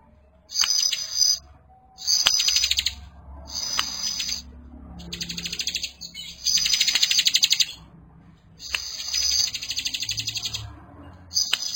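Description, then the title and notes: Bar-winged prinia singing in fast, dry, high-pitched rattling bursts of roughly one second, separated by brief gaps, with a few sharp clicks. Compilation of persistently singing ('gacor') ciblek and young birds. "Kicau Ciblek. putri sherin. suara burung ciblek gacor dan anakan"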